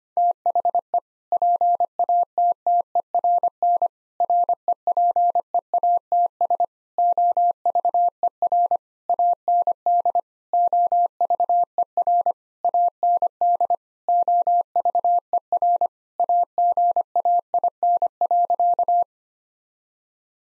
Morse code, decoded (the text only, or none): THE PATTERN REPEATS OVER AND OVER AND OVER AGAIN.